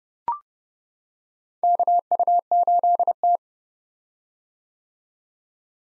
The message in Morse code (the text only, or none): KU8T